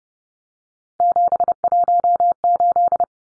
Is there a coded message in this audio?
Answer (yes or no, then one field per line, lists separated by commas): yes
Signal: Morse code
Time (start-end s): 1.0-3.0 s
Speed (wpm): 30 wpm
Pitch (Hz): 700 Hz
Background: none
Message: 718